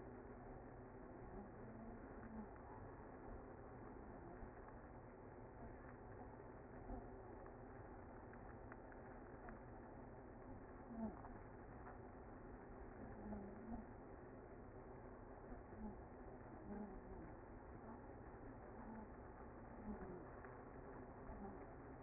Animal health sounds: honeybee colony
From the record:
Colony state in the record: active

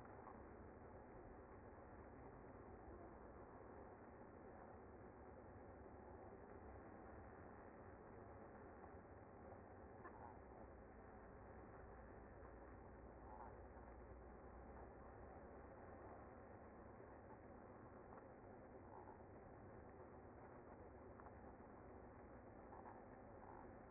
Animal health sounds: honeybee colony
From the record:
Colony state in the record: active

